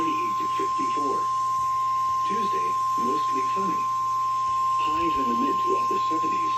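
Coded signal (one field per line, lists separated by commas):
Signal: Emergency Alert System (SAME) tones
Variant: 1050 Hz attention tone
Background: speech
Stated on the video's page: SAME tones of Required Weekly Tests received on eight NOAA Weather Radio stations.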